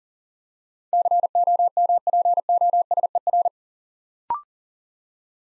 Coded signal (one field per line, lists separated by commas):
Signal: Morse code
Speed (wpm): 39 wpm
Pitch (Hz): 700 Hz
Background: none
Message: COMPOSER